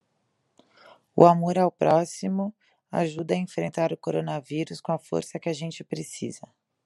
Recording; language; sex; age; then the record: spoken sentence; Brazilian Portuguese; female; 20 to 29 years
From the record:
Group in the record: control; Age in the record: 29 years